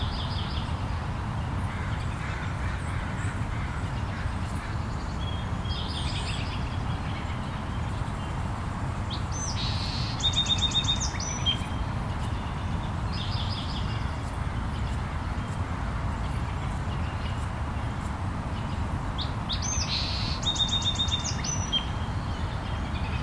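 Birds sing in Meadowbrook Park, Seattle, early in the morning: short bright chirps and trilled phrases come every few seconds, clearest around ten and twenty seconds in. Underneath, a steady low rumble like distant traffic runs the whole way through.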